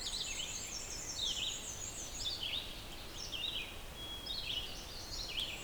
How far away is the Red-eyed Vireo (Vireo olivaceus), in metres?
about 40 m